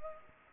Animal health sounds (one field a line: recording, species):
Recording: mosquito wingbeat signal from an infrared sensor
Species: Culex pipiens